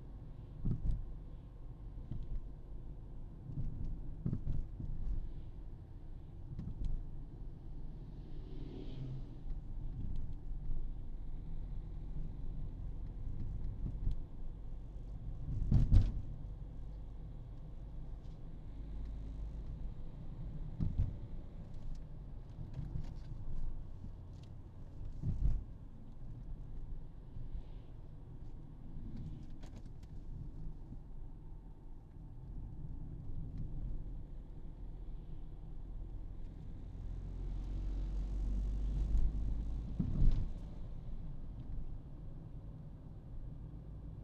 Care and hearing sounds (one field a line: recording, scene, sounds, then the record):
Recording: everyday scene through a hearing-aid microphone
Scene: in a vehicle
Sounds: engine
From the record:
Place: Berlingo II, diesel engine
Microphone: in the ear canal, right